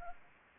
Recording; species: mosquito wingbeat signal from an infrared sensor; Anopheles arabiensis